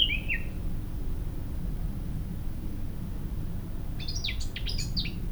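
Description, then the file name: Eurasian blackcap song: a brief whistled phrase at the start, then only low rumble, then a final burst of fast, scratchy warbling notes. "Sylvia atricapilla"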